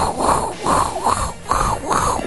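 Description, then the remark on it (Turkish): Beard stubble scraped against a microphone makes loud, coarse rasping bursts, about five rhythmic back-and-forth swells of gritty, rumbling noise with no talking. “Mikrofonda sürtebilir miyim?”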